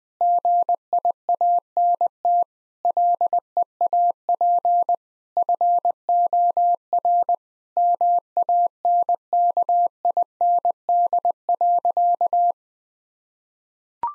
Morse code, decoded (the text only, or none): GIANT LEAP FOR MANKIND.